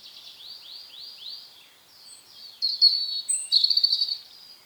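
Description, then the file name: European robin giving four slurred whistles in a row, then a brief pause before a loud, rapid, high tinkling flourish. "Erithacus rubecula"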